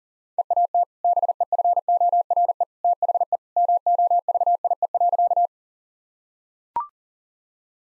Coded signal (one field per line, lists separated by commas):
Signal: Morse code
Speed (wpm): 40 wpm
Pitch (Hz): 700 Hz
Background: none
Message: EAT BEFORE THE MOVIE.